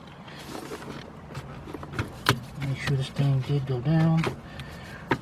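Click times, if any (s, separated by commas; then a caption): 2.3 s. A plastic wiring harness connector is lined up on its alignment tab and pushed onto the shifter assembly of a 2008 Dodge Avenger 2.4 during transmission shift cable work, with someone talking throughout. A sharp snap at 2.3 s is heard as the connector seats into place, and a few more light clicks follow while it is checked. The connector is confirmed seated.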